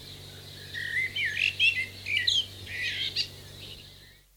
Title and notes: Dawn chorus with blackbirds in the foreground. Adult male blackbird and many other birds giving song in garden surroundings